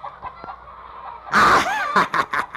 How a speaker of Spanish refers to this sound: Rápidamente, el feroz lobo se dirigió hasta una granja cercana, asustando a las gallinas que se encontraban allí.